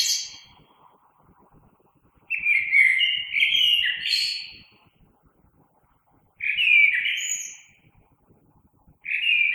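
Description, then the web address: Common blackbird song: melodious low whistled phrases ending in thin high squeaks, repeated with pauses of one to two seconds. Recorded on 3 March 2020. "oiseaux Merle 2020 03 03"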